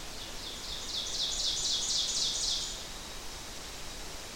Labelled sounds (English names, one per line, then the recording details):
Ovenbird song
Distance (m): 30 m
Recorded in boreal forest in Alberta, Canada, on 12 June 2016 at 07:07
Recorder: SongMeter 3, array SBT-3-18
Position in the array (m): 239 m, 84 m
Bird 31